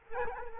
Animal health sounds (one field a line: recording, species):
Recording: mosquito wingbeat signal from an infrared sensor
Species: Culex quinquefasciatus